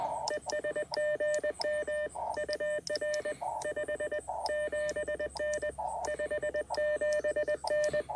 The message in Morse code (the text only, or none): ES GM UR 57N 57N